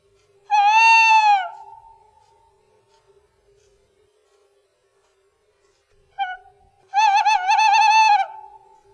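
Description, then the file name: Tawny owl giving two long hoots that fall at the end, the second quavering, separated by about five seconds of near silence, with a brief note before the second. "PUSZCZYK"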